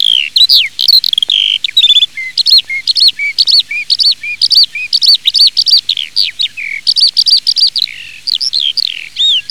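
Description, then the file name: Eurasian skylark song: a rapid, unbroken stream of high chirps, trills and slurred whistles, shifting pitch constantly with barely a pause. "ALLODOLA"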